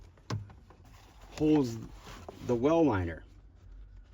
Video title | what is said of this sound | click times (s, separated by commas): Convertible Top Rear Window Repair 101: Fix Leaks, Separation, Scratches & More | Yeah, so it just snaps into place like that. | 0.3 s